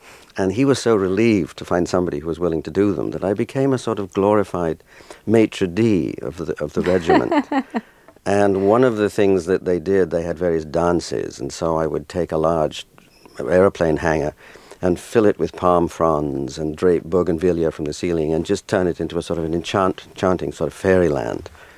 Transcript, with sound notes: And he was so relieved to find somebody who was willing to do them that I became a sort of glorified maitre d' of the regiment. (Laughter) And one of the things that they did, they had various dances. And so I would take a large airplane hangar and fill it with palm fronds and drape bougainvillea from the ceiling and just turn it into a - sort of an enchanted chanting sort of fairyland.